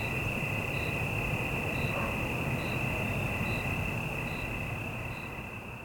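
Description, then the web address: Cricket giving brief high chirps at regular intervals against a steady buzzing insect drone and low traffic rumble, the whole scene fading toward the end. Single cricket at night in a city evening ambience with cicadas and distant traffic. "Surround in The Night 5 1-Stereo City Night Evening Ambience, Single Cricket, Cicadas, Distant Traffic"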